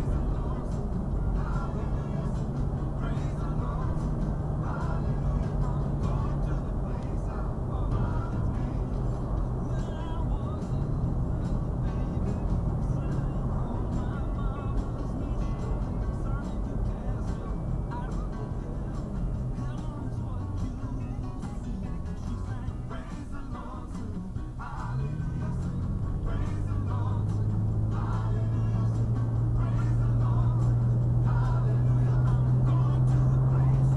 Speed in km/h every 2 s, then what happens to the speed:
76, 77, 76, 74, 71, 71, 69, 64, 58, 47, 37, 29, 37, 48, 58, 66, 74.
0-12 steady at about 74. 12-23 brakes to 29. 23-34 speeds up to 74.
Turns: none.